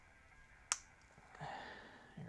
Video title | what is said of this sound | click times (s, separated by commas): Hyundai Bottom End Assembly G4fJ | You hear the click in there, the wire is in its home there. | 0.7 s